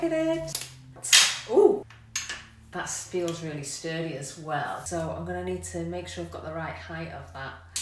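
Someone talks while handling the height adjustment button section of a Cool Crutches folding walking stick, getting ready to set its height and click it back on. Short, sharp handling knocks are heard around 1.1 s and 2.2 s between the speech. Nothing has seated or clicked into place yet.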